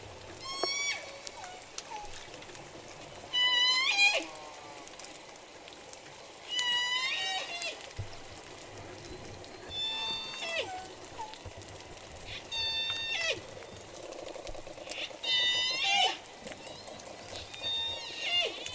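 J pod orcas call underwater in a series of rising, squealing cries with a buzzy, nasal edge, arriving every few seconds. Fainter calls and whistles weave between the louder ones over a steady hiss and a low murmuring rumble.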